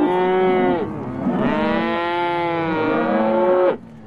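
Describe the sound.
Cow mooing: a short low moo, a brief pause, then one long drawn-out moo lasting over two seconds that ends abruptly.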